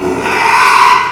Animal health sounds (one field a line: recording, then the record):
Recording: squeal of a Yucatan mini pig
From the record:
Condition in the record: after surgery on the right vocal fold (resection and tissue-engineered implant)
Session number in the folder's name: 1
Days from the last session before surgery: 6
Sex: male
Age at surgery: 12 weeks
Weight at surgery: 13 kg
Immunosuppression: cyclosporine, prednisolone